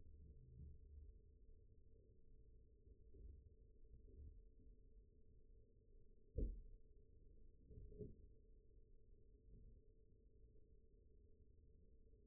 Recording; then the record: forearm muscle sounds (acoustic myography)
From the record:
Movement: rest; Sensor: system 1, eight BSWA MPA416 microphones around the upper forearm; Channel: 2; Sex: male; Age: 20 years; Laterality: left